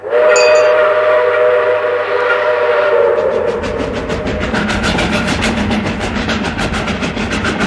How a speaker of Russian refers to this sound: Царский поезд ехал в Петербург, возвращался. Не доезжая там часа до Харькова примерно, лопнули рельсы.